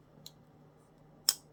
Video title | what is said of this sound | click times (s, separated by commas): Sencut Episode #everydaycarry #budgetknives | a very satisfying click on the clothes yeah | 1.3 s